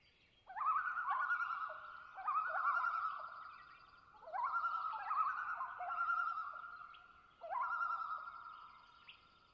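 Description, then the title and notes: Common loons giving several quavering tremolo bouts, each surging in then easing off. Pair of loons giving tremolo calls on Long Lake, Talkeetna, Alaska; spring night at twilight on a boreal taiga lake with white spruce and moss; 49-61°F, light to no wind, humidity 31-52%. "Common Loon - Gavia Immer - pair tremolo. Location: Long Lake, Talkeetna, AK"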